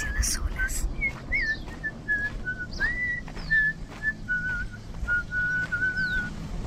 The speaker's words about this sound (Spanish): Silbido.